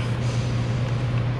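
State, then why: Not seated. An old, brittle plastic clip or connector on a fuel injector or fuel system part of a TJ is handled and pushed toward home during fuel system work. A steady low hum around 100–150 Hz sits under broadband noise with no distinct sharp transients. Nothing has seated or clicked yet.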